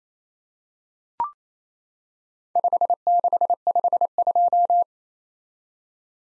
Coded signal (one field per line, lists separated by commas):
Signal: Morse code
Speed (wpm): 27 wpm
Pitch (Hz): 700 Hz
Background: none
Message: 5652